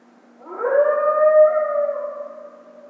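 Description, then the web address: Coyote howl, a single rising note that levels into a long, steady, wavering tone with rich harmonics, then fades after about two seconds. Howling, recorded 1 February 2010. "Coyote 2010 02 01 13 howl"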